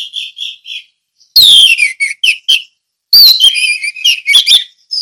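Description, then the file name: Orange-headed thrush song: soft whistled notes, then two loud, ringing, slurred phrases packed with rapid varied notes. Ngeplong song style. "anis merah ngeplong"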